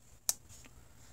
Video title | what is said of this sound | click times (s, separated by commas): Old Timer 94OTW Gunstock Trapper Pocket Knife | There's no half stop. Snaps into place pretty good. | 0.3 s